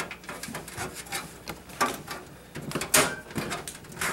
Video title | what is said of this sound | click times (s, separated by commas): How To: Installing A Motherboard | there you go you should hear a clicking sound | 2.9 s